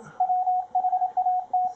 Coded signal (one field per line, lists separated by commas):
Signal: Morse code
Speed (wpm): 27 wpm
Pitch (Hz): 730 Hz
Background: radio noise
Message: WHAT